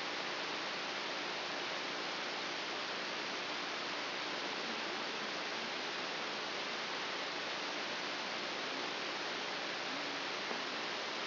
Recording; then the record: brain microelectrode recording played as sound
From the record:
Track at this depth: outside the subthalamic nucleus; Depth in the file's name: 6.801 mm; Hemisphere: right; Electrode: 3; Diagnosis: Parkinson's disease